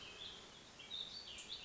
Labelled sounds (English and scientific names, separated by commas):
Warbling Vireo (Vireo gilvus)